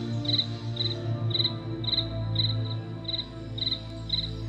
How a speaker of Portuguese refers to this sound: Ah, a noite chegou. Os grilos estavam ali fazendo o seu canto.